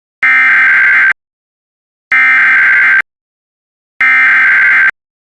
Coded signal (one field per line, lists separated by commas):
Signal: Emergency Alert System (SAME) tones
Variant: header bursts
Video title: [IPAWS EAS Archive] Lincoln, OR 9-1-1 Telephone Outage Emergency (02/01/2022)